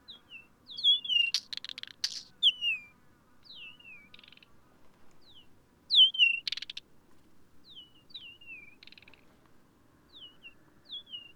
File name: Ecstatic songs of three males in territorial dispute